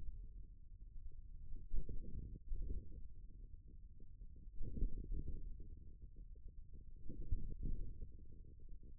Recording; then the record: forearm muscle sounds (acoustic myography)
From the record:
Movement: wrist flexion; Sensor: system 1, eight BSWA MPA416 microphones around the upper forearm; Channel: 6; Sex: male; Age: 41 years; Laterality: right